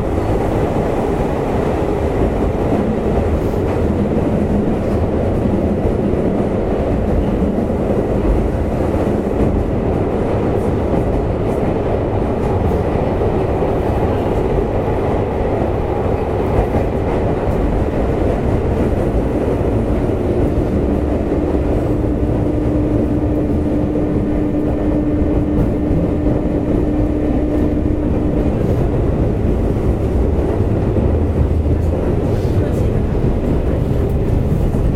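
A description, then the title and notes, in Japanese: A JR West 201 series train runs at steady speed with a constant low rumble, and a faint whine rises briefly around twenty-two seconds. JR西日本 201系 大和路線 久宝寺からJR難波まで。JR西日本２０１系電車の走行音です。大和路線の普通電車で録音しました。It is the running sound of JR West 201 train.I recorded on the Yamatoji line's local train.The section is from Kyuhoji to JR Nammba.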